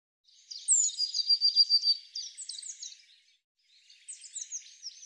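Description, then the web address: Eurasian blue tit giving a long run of buzzy, chattering notes with a quick high trill, pausing briefly before another churring burst. "cianscape birddata Deverinetal 2025 File cleaned normalized Bird Cy Ca"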